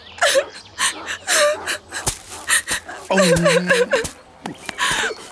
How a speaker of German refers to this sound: Hör auf zu weinen